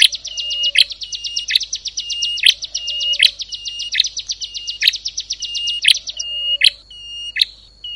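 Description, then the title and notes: Prinia song: long run of rapid, evenly spaced high notes with sharp ticking accents, shifting near the end to higher, sparser whistled phrases. Compilation of ciblek and prenjak birdsong intended for masteran, tutoring captive songbirds. "Kompilasi Suara Ciblek Prenjak Cocok Untuk Masteran. Kicau Burung Prenjak Ciblek"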